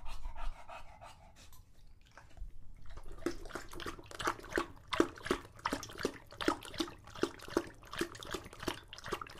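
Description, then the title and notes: English Bulldog drinking, a quiet start, then rhythmic sloppy laps of water. Male English Bulldog named Lucho drinking water from a bowl after a long walk, breathing heavily and out of breath between drinks. "English Bulldog Drinks from Water Bowl. listen to Lucho the English Bulldog as he tries to drink water after a long walk. Don't let his heavy breathing fool you in between drinks, he's equally out of breath from the walk"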